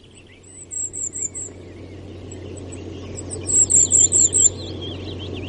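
Goldcrest song, very high thin notes in a quick repeated cycle, given in two phrases, with lower twittering notes and a steady low hum behind.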